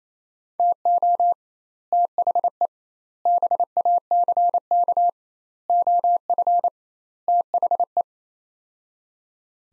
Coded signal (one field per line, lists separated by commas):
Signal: Morse code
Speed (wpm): 27 wpm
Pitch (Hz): 700 Hz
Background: none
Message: TO THE BACK OF THE